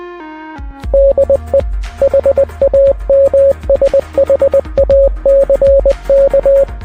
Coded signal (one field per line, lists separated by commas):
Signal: Morse code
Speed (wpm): 20 wpm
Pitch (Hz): 550 Hz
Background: music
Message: DE HAMSHACK